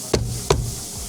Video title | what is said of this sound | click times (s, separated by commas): UPGRADING THE STEREO IN MY NF AMAROK, ALSO WORKS IN THE NEXT GEN RANGER | Give her a good hit until it snaps. | 0.5 s